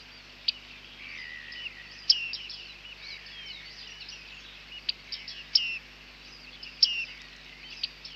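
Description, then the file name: Bearded reedling calls: sharp high pinging notes at irregular intervals, mixed with soft twittering in between, over low steady background noise. "Bearded Tit (Panurus biarmicus)"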